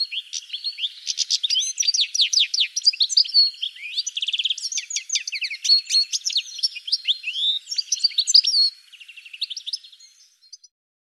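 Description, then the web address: Bird singing a rapid, varied chatter of sharp chirps and short trills, dense for eight seconds, then a softer, thinner tail of notes fading out. "cianscape birddata"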